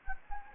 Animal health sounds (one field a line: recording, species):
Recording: mosquito wingbeat signal from an infrared sensor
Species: Anopheles gambiae